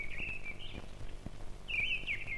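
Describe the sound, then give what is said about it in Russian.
A thrush sings its first song, still timid: two short, high, warbling phrases separated by a pause, the second slightly louder, over a low background rumble. “Свою первую песню поет дрозд. Слышите? Пока еще очень робко.”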